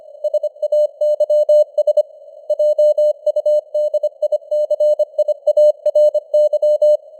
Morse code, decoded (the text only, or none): SAYS JUDICIARY